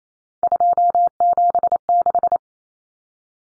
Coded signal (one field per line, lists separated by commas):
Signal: Morse code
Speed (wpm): 28 wpm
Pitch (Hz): 700 Hz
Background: none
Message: 276